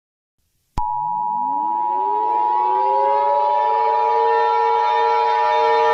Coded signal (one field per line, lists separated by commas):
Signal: Emergency Alert System (SAME) tones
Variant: 853 and 960 Hz attention tone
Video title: EAS Scenario 17: Purple Minions Attack